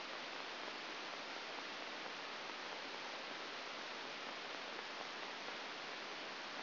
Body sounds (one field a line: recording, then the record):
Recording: brain microelectrode recording played as sound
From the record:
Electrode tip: outside the subthalamic nucleus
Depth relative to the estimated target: -6 mm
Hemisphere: right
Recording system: AlphaMap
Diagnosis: Parkinson's disease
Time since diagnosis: 12 years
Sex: male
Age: 57 years